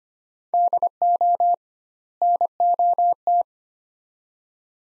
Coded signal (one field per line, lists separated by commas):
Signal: Morse code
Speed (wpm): 25 wpm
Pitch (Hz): 700 Hz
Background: none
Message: DO NOT